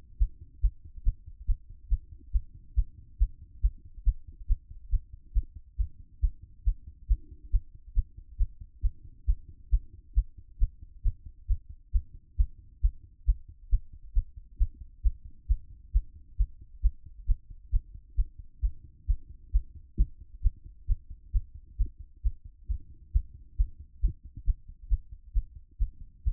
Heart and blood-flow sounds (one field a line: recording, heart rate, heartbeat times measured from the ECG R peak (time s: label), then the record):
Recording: heart sounds by stethoscope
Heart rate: 135 bpm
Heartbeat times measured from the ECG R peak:
0.18 s: heartbeat
0.61 s: heartbeat
1.03 s: heartbeat
1.46 s: heartbeat
1.89 s: heartbeat
2.31 s: heartbeat
2.75 s: heartbeat
3.18 s: heartbeat
3.61 s: heartbeat
4.04 s: heartbeat
4.47 s: heartbeat
4.90 s: heartbeat
5.33 s: heartbeat
5.77 s: heartbeat
6.20 s: heartbeat
6.64 s: heartbeat
7.07 s: heartbeat
7.51 s: heartbeat
7.94 s: heartbeat
8.37 s: heartbeat
8.81 s: heartbeat
9.25 s: heartbeat
9.70 s: heartbeat
10.14 s: heartbeat
10.58 s: heartbeat
11.02 s: heartbeat
11.47 s: heartbeat
11.92 s: heartbeat
12.36 s: heartbeat
12.81 s: heartbeat
13.25 s: heartbeat
13.69 s: heartbeat
14.13 s: heartbeat
14.58 s: heartbeat
15.02 s: heartbeat
15.47 s: heartbeat
15.92 s: heartbeat
16.37 s: heartbeat
16.81 s: heartbeat
17.26 s: heartbeat
17.71 s: heartbeat
18.16 s: heartbeat
18.61 s: heartbeat
19.06 s: heartbeat
19.51 s: heartbeat
19.96 s: heartbeat
20.41 s: heartbeat
20.87 s: heartbeat
21.32 s: heartbeat
21.77 s: heartbeat
22.22 s: heartbeat
22.67 s: heartbeat
23.12 s: heartbeat
23.56 s: heartbeat
24.00 s: heartbeat
24.45 s: heartbeat
24.88 s: heartbeat
25.33 s: heartbeat
25.78 s: heartbeat
26.24 s: heartbeat
From the record:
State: after exercise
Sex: female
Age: 50 years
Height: 170 cm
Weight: 70 kg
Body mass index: 24.22